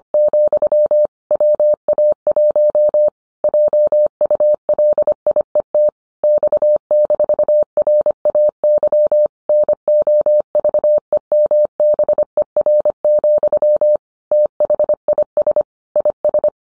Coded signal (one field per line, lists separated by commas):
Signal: Morse code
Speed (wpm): 25 wpm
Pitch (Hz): 600 Hz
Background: none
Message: , WA1 JULIET X-RAY NOVEMBER, THIS IS